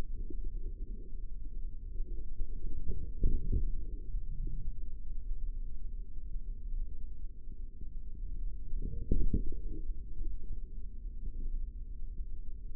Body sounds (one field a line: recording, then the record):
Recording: forearm muscle sounds (acoustic myography)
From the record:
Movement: forearm pronation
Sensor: system 3, bracelet of six PUI Audio POM-2738L microphones around the upper forearm, with dedicated amplification and filtering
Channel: 4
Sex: male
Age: 55 years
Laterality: right